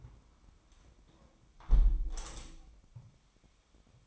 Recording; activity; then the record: daily activity, microphone in the room; close window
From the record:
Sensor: 1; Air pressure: 1006.4 hPa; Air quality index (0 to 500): 205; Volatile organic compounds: 22 ppm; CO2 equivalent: 2753 ppm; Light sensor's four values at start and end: 12/31/12/14 and 11/30/11/13